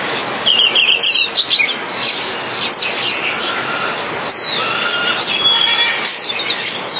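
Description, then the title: Java sparrow song: rapid high chirps with a few drawn-out whistled tones midway, continuous and busy, set against constant hiss. "kicau gelatik"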